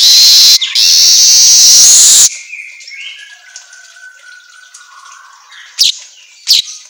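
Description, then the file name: Asian golden weaver song: a loud, harsh hissing sizzle lasting about two seconds, then faint scattered chirps and two short sharp notes near the end. Song made for training songbirds, labelled 'auto gacor'. "Suara Kicau Manyar Kepala Emas Auto Gacor"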